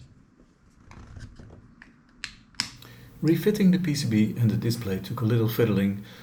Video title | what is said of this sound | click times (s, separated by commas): Replacing the Bryton Rider 10 battery | but with a bit of patience the result was a nice click when everything was in place again | 2.2 s, 2.6 s